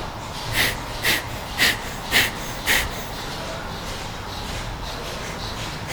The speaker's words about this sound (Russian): Левую ноздрю закрыли, правой дышим. То есть наш солнечный канал продуваем, активизируем.